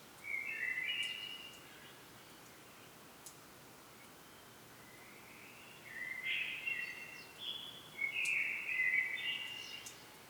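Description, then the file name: Common blackbird song: three short mellow warbled phrases, one near the start and two close together later, over a faint steady hiss. "Turdus merula"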